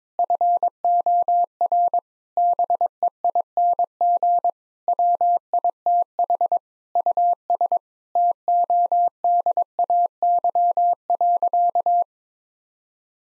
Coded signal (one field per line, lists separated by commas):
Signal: Morse code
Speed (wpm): 22 wpm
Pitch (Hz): 700 Hz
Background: none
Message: FOR BEING WITH US TODAY.